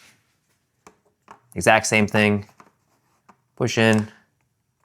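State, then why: Not seated. A second Neewer NP-F750 camera battery is handled as it is pushed toward the battery plate of an LED light panel, with faint handling taps around 0.9, 1.3 and 3.3 seconds while someone talks. The battery is not yet home; nothing has seated or clicked yet.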